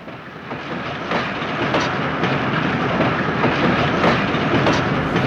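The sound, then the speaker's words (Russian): A steady, loud rumble of a common-class carriage of a Barnaul–Biysk train rolling along, with rhythmic clacks of wheels over rail joints repeating every half second or so, and no voices. “В общем вагоне поезда Барнаул-Бийск нам не нашлось места.”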